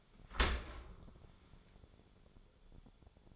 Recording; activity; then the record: daily activity, microphone in the room; open dishwasher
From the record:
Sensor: 5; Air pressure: 1015.1 hPa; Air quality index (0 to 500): 157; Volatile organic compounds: 4 ppm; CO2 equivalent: 1697 ppm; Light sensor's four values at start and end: 37/86/35/35 and 38/90/37/39